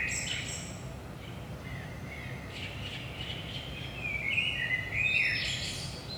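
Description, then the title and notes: Common blackbird singing, a brief fluty phrase early, then a longer warble ending in high thin twitters, with constant low rumble beneath. Saint-Gilles, Belgium; about 5 am, early morning; recorded with DPA 4060 microphones in AB placement into a Zoom F3. "Saint-Gilles, Belgique - 5am Blackbird. Blackbird in the morning. Merle au petit matin"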